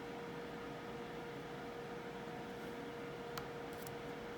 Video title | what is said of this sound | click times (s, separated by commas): Another 4 pack! Can I Fix It? Ipod Classic Edition s01e23 - Part 1 | Kind of heard a click. It was really kind of light there. | 3.4 s